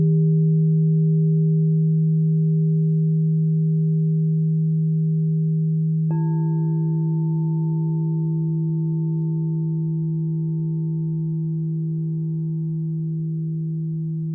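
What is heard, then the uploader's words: A crystal singing bowl rings with a steady, deep hum and low overtones, struck again around six seconds, adding a clear higher tone that lingers. Crystal singing bowl.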